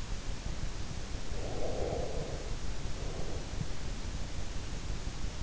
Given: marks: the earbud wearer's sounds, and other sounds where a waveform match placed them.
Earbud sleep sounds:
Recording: sounds in sleep by an in-ear microphone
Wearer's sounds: breath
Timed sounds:
1.45-3.84 s: breath

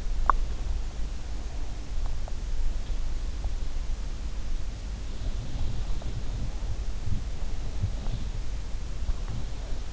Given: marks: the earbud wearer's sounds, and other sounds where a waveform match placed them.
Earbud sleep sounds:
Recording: sounds in sleep by an in-ear microphone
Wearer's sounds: teeth grinding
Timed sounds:
0.00-0.71 s: teeth grinding
5.74-8.37 s: sound from someone else or the room

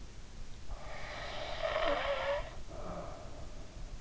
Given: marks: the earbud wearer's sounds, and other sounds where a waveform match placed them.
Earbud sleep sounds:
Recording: sounds in sleep by an in-ear microphone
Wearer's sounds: snoring breath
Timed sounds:
0.57-3.51 s: snoring breath

